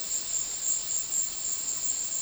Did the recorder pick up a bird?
no